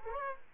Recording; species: mosquito wingbeat signal from an infrared sensor; Culex quinquefasciatus